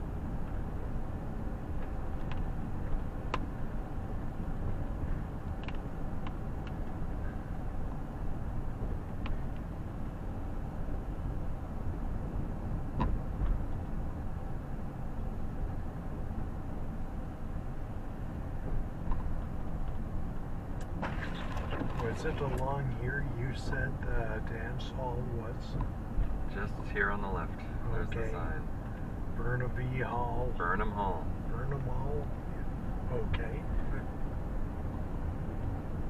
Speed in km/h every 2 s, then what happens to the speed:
29, 28, 27, 28, 27, 26, 28, 28, 27, 27, 26, 27, 28, 26, 26, 25, 28, 29.
0-36 steady at about 27.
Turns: none.